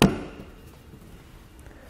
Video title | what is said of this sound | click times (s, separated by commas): etrailer - Hands-On with the Charging Station for RVs | our cover simply snaps back into place and | 0.0 s